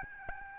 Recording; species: mosquito wingbeat signal from an infrared sensor; Aedes albopictus